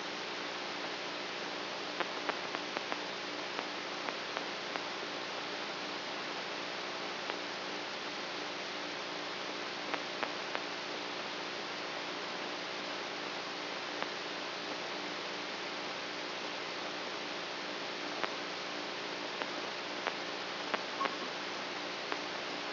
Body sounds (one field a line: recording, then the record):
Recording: brain microelectrode recording played as sound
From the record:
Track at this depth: outside the subthalamic nucleus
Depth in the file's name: 5.002 mm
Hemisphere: right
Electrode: 3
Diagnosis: Parkinson's disease